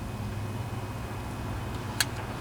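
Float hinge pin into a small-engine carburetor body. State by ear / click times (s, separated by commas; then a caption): seated / 2.0 s. A carburetor float's hinge pin is pressed into the plastic carburetor body of a Briggs and Stratton E-Series 4.50 HP small engine on a Murray lawnmower, over a steady low broadband hum. A single sharp, bright click sounds at 2.0 s as the hinge pin snaps into place and seats.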